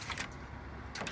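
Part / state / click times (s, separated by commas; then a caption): lane link into the adjacent shelf lane / not seated / none. A plastic lane link from a Zip Track merchandising system is handled against the adjacent shelf lane, with brief plastic knocks near 0.2 and 1.0 seconds over a low steady hum. Nothing has seated or clicked yet.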